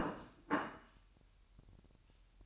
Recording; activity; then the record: daily activity, microphone in the room; place plate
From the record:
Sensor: 2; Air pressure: 1001.9 hPa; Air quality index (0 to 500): 248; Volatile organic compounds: 40 ppm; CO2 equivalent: 3141 ppm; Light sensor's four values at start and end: 8/28/11/10 and 8/28/11/10